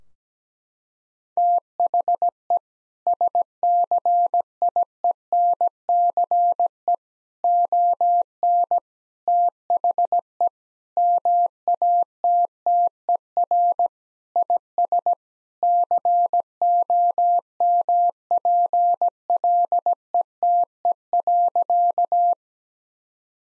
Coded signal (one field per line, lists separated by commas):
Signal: Morse code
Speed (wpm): 17 wpm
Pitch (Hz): 700 Hz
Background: none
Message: THE SCIENCE ON THE MATTER IS COMPLETE.